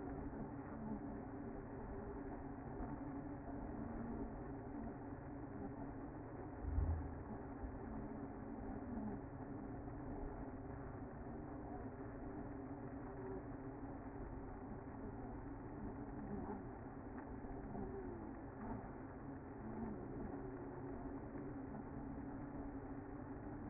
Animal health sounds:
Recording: honeybee colony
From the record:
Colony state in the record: active

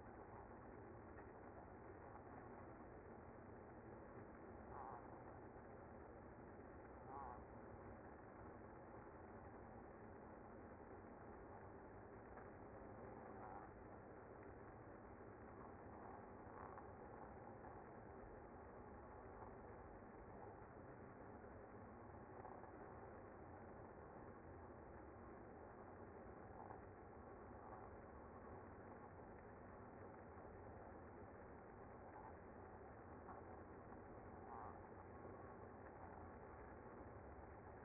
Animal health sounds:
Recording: honeybee colony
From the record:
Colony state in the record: active

